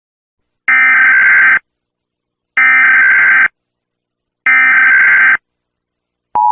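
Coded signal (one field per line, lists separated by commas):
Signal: Emergency Alert System (SAME) tones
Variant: header bursts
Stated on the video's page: Fictional EAS scenario in an analog horror edit with VHS effect.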